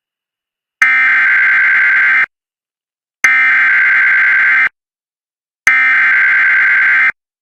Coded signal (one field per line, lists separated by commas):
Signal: Emergency Alert System (SAME) tones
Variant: header bursts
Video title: US Emergency Alert Systems 2026 (part 5)